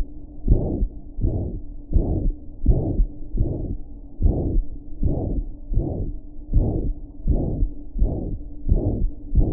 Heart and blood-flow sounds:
heart sounds
0.00	0.05	S2
0.05	0.49	diastole
0.49	0.61	S1
0.61	0.79	systole
0.79	0.89	S2
0.89	1.23	diastole
1.23	1.35	S1
1.35	1.53	systole
1.53	1.63	S2
1.63	1.95	diastole
1.95	2.09	S1
2.09	2.21	systole
2.21	2.33	S2
2.33	2.67	diastole
2.67	2.83	S1
2.83	2.95	systole
2.95	3.07	S2
3.07	3.41	diastole
3.41	3.55	S1
3.55	3.65	systole
3.65	3.75	S2
3.75	4.23	diastole
4.23	4.37	S1
4.37	4.49	systole
4.49	4.63	S2
4.63	5.05	diastole
5.05	5.17	S1
5.17	5.33	systole
5.33	5.43	S2
5.43	5.75	diastole
5.75	5.87	S1
5.87	5.97	systole
5.97	6.09	S2
6.09	6.55	diastole
6.55	6.71	S1
6.71	6.87	systole
6.87	6.97	S2
6.97	7.29	diastole
7.29	7.43	S1
7.43	7.59	systole
7.59	7.69	S2
7.69	7.99	diastole
7.99	8.11	S1
8.11	8.29	systole
8.29	8.37	S2
8.37	8.69	diastole
8.69	8.81	S1
8.81	8.97	systole
8.97	9.07	S2
9.07	9.35	diastole
9.35	9.51	S1
9.51	9.52	systole
From the record:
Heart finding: mitral regurgitation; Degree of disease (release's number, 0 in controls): 3 to 4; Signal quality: good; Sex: female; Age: 78 years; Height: 1.6 m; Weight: 85 kg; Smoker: no

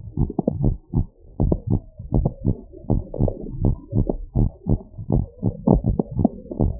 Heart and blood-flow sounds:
heart sounds
0.00	0.20	systole
0.20	0.30	S2
0.30	0.62	diastole
0.62	0.74	S1
0.74	0.96	systole
0.96	1.06	S2
1.06	1.42	diastole
1.42	1.56	S1
1.56	1.72	systole
1.72	1.80	S2
1.80	2.14	diastole
2.14	2.30	S1
2.30	2.46	systole
2.46	2.56	S2
2.56	2.90	diastole
2.90	3.02	S1
3.02	3.20	systole
3.20	3.32	S2
3.32	3.62	diastole
3.62	3.74	S1
3.74	3.96	systole
3.96	4.08	S2
4.08	4.38	diastole
4.38	4.50	S1
4.50	4.70	systole
4.70	4.80	S2
4.80	5.14	diastole
5.14	5.26	S1
5.26	5.44	systole
5.44	5.54	S2
5.54	5.86	diastole
5.86	5.98	S1
5.98	6.18	systole
6.18	6.30	S2
6.30	6.60	diastole
6.60	6.72	S1
6.72	6.80	systole
From the record:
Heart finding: normal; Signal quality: good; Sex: female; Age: 63 years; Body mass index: 36.7

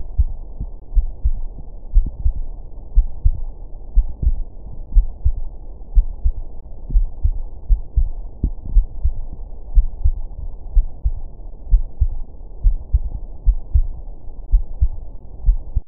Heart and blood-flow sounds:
heart sounds
0.00	0.18	systole
0.18	0.30	S2
0.30	0.94	diastole
0.94	1.08	S1
1.08	1.24	systole
1.24	1.36	S2
1.36	1.94	diastole
1.94	2.08	S1
2.08	2.24	systole
2.24	2.34	S2
2.34	2.96	diastole
2.96	3.06	S1
3.06	3.24	systole
3.24	3.36	S2
3.36	3.96	diastole
3.96	4.08	S1
4.08	4.24	systole
4.24	4.36	S2
4.36	4.94	diastole
4.94	5.06	S1
5.06	5.24	systole
5.24	5.34	S2
5.34	5.94	diastole
5.94	6.06	S1
6.06	6.24	systole
6.24	6.34	S2
6.34	6.92	diastole
6.92	7.06	S1
7.06	7.18	systole
7.18	7.22	S2
7.22	7.70	diastole
7.70	7.82	S1
7.82	7.98	systole
7.98	8.10	S2
8.10	8.72	diastole
8.72	8.86	S1
8.86	9.04	systole
9.04	9.14	S2
9.14	9.74	diastole
9.74	9.88	S1
9.88	10.04	systole
10.04	10.16	S2
10.16	10.74	diastole
10.74	10.86	S1
10.86	11.04	systole
11.04	11.14	S2
11.14	11.72	diastole
11.72	11.84	S1
11.84	12.00	systole
12.00	12.12	S2
12.12	12.64	diastole
12.64	12.76	S1
12.76	12.88	systole
12.88	12.92	S2
12.92	13.46	diastole
13.46	13.58	S1
13.58	13.74	systole
13.74	13.88	S2
13.88	14.52	diastole
14.52	14.64	S1
14.64	14.82	systole
14.82	14.92	S2
14.92	15.46	diastole
15.46	15.60	S1
15.60	15.76	systole
15.76	15.84	S2
15.84	15.88	diastole
From the record:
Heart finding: coronary artery disease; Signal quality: good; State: rest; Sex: female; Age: 58 years

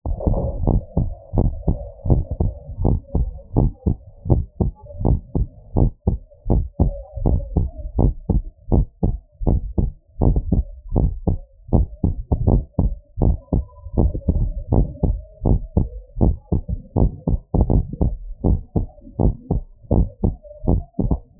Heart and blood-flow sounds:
heart sounds
0.00	0.02	S1
0.02	0.26	systole
0.26	0.38	S2
0.38	0.66	diastole
0.66	0.80	S1
0.80	0.98	systole
0.98	1.08	S2
1.08	1.38	diastole
1.38	1.52	S1
1.52	1.68	systole
1.68	1.78	S2
1.78	2.10	diastole
2.10	2.24	S1
2.24	2.42	systole
2.42	2.52	S2
2.52	2.84	diastole
2.84	2.98	S1
2.98	3.16	systole
3.16	3.28	S2
3.28	3.58	diastole
3.58	3.72	S1
3.72	3.88	systole
3.88	3.98	S2
3.98	4.30	diastole
4.30	4.44	S1
4.44	4.62	systole
4.62	4.72	S2
4.72	5.04	diastole
5.04	5.18	S1
5.18	5.36	systole
5.36	5.46	S2
5.46	5.78	diastole
5.78	5.90	S1
5.90	6.08	systole
6.08	6.18	S2
6.18	6.50	diastole
6.50	6.62	S1
6.62	6.80	systole
6.80	6.92	S2
6.92	7.24	diastole
7.24	7.40	S1
7.40	7.58	systole
7.58	7.68	S2
7.68	7.98	diastole
7.98	8.14	S1
8.14	8.34	systole
8.34	8.44	S2
8.44	8.72	diastole
8.72	8.86	S1
8.86	9.04	systole
9.04	9.16	S2
9.16	9.46	diastole
9.46	9.60	S1
9.60	9.78	systole
9.78	9.90	S2
9.90	10.20	diastole
10.20	10.34	S1
10.34	10.52	systole
10.52	10.64	S2
10.64	10.96	diastole
10.96	11.10	S1
11.10	11.28	systole
11.28	11.38	S2
11.38	11.74	diastole
11.74	11.86	S1
11.86	12.04	systole
12.04	12.14	S2
12.14	12.46	diastole
12.46	12.62	S1
12.62	12.84	systole
12.84	12.94	S2
12.94	13.22	diastole
13.22	13.36	S1
13.36	13.54	systole
13.54	13.64	S2
13.64	13.98	diastole
13.98	14.12	S1
14.12	14.34	systole
14.34	14.46	S2
14.46	14.72	diastole
14.72	14.88	S1
14.88	15.08	systole
15.08	15.18	S2
15.18	15.46	diastole
15.46	15.58	S1
15.58	15.76	systole
15.76	15.88	S2
15.88	16.20	diastole
16.20	16.34	S1
16.34	16.52	systole
16.52	16.62	S2
16.62	16.96	diastole
16.96	17.10	S1
17.10	17.32	systole
17.32	17.40	S2
17.40	17.70	diastole
17.70	17.84	S1
17.84	18.02	systole
18.02	18.14	S2
18.14	18.46	diastole
18.46	18.58	S1
18.58	18.76	systole
18.76	18.86	S2
18.86	19.20	diastole
19.20	19.34	S1
19.34	19.52	systole
19.52	19.62	S2
19.62	19.96	diastole
19.96	20.08	S1
20.08	20.24	systole
20.24	20.34	S2
20.34	20.68	diastole
20.68	20.82	S1
20.82	21.04	systole
21.04	21.18	S2
21.18	21.39	diastole
From the record:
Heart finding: normal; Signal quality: good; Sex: female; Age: 58 years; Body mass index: 27.5

